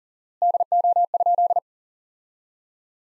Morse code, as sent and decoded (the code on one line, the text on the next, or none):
-.. --- ..--..
DO?